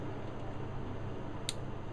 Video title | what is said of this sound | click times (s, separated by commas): Fetal Doppler JPD 100B by Collateral Medical | there until you hear the click sound | 1.5 s